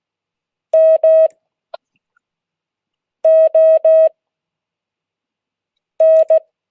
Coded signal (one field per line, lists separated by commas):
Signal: Morse code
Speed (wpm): 16 wpm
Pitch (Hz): 640 Hz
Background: none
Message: MON